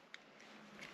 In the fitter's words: Literally just a click.